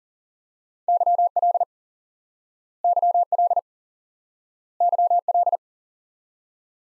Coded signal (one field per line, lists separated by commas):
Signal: Morse code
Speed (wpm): 40 wpm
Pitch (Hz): 700 Hz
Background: none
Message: YL YL YL